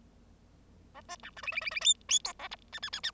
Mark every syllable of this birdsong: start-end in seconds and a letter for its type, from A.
0.95-1.01 A, 1.08-1.16 B, 1.23-1.30 C, 1.36-1.42 D, 1.43-1.52 E, 1.52-1.61 E, 1.61-1.71 E, 1.71-1.80 E, 1.81-1.94 F, 2.09-2.19 F, 2.24-2.33 G, 2.39-2.48 A, 2.51-2.56 H, 2.72-2.79 I, 2.82-2.90 I, 2.92-3.00 I, 3.03-3.11 I